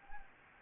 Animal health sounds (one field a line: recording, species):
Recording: mosquito wingbeat signal from an infrared sensor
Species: Anopheles gambiae